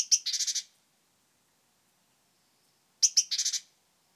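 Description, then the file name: Great tit calls: two sharp high notes followed by a quick buzzy chattering run, given twice about three seconds apart in otherwise quiet surroundings. "Parus major"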